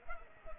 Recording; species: mosquito wingbeat signal from an infrared sensor; Culex pipiens